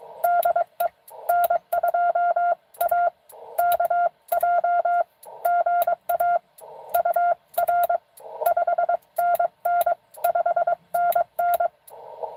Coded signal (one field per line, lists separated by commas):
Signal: Morse code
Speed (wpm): 23 wpm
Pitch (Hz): 690 Hz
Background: none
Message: DE N2AKJ GA UR 5NN 5NN